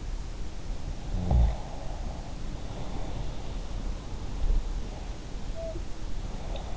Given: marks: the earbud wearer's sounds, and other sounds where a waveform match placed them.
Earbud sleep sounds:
sounds in sleep by an in-ear microphone; snoring breath
1.05-3.23 s: snoring breath

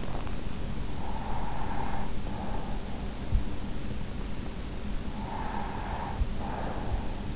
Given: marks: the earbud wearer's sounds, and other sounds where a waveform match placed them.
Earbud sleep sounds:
sounds in sleep by an in-ear microphone; breath
0.56-3.14 s: breath
4.99-7.36 s: breath

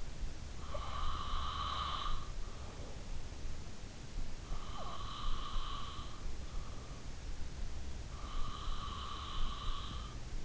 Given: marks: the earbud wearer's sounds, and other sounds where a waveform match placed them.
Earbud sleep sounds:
sounds in sleep by an in-ear microphone; breath
0.00-3.03 s: breath
4.34-6.68 s: breath
7.66-10.45 s: breath

